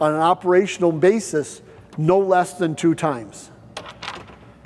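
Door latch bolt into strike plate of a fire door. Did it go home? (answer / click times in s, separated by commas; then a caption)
yes / 3.8 s. Someone talks as a fire door swings closed for the second time. At 3.8 s the door's latch bolt engages the strike plate with a sharp, loud click, followed by a few softer knocks. The door is latched and closed on this second close.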